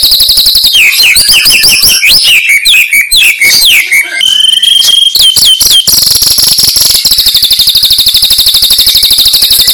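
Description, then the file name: White-rumped shama song: tumbling whistles and chatter, a pure held whistle midway, then a long, very rapid high trill lasting several seconds. "suara burung murai"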